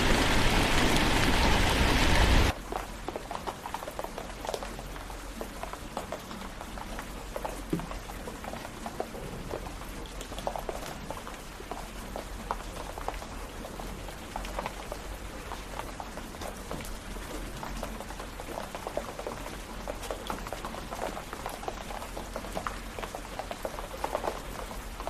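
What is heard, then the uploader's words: Rain falls steadily, a dense pattering of drops with fine ticks and small splashes scattered throughout. It opens with about two seconds of a louder, even hiss that cuts off abruptly, after which the patter settles into a soft, constant level with a faint low rumble underneath. Rainy Bliss: Experiencing the Serene Rain.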